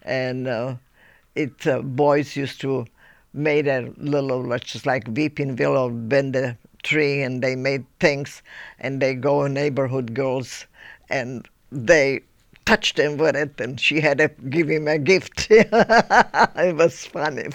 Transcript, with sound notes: And it, boys used to, made a little, just like weeping willow, bend the tree and they made things and they go in neighborhood girls and they touch them with it and she had to give him a big kiss. (she laughs) It was funny.